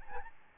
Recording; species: mosquito wingbeat signal from an infrared sensor; Aedes albopictus